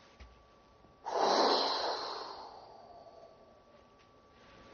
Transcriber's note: outbreath